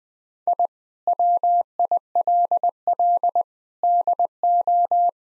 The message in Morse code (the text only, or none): I WILL DO